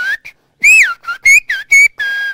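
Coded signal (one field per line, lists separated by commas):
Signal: whistled language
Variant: Occitan whistled language (Aas)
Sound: a loud gliding whistle in about seven quick rising and falling syllables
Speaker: Bernard tu vas passer à l'épicerie tu vas m'acheter une boîte de sardines et une baguette de pain donc voilà c'est une phrase un peu plus un peu plus longue et qui qui aurait pu être sifflée sans problème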